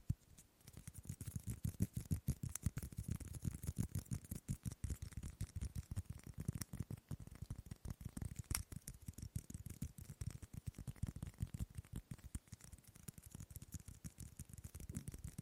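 Rapid fingertip tapping on a hard object, dense and quick with uneven rhythm, mostly low and thumpy, with occasional sharper clicks.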